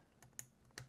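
The two larger plugs of the main wiring harness on a LulzBot Sidekick 747 3D printer are clipped into their sockets at the back of the printer bed. A faint tick at 0.2 s is followed by two sharp clicks at 0.4 s and 0.8 s, one per connector, and both plugs are seated.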